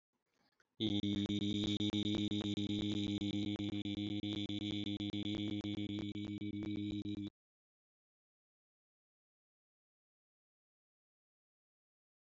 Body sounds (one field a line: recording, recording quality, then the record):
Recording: sustained vowel as in beet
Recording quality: excellent, no background noise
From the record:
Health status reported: healthy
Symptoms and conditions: diabetes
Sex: male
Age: 39 years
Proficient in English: yes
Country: India